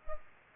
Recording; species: mosquito wingbeat signal from an infrared sensor; Culex pipiens